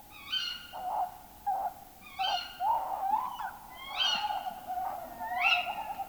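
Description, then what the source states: Tawny Owl calls overlap densely: repeated sharp rising harmonic notes mixed with shorter wavering tones, about four rounds. Field recording from Finland, released 1987 on cassette.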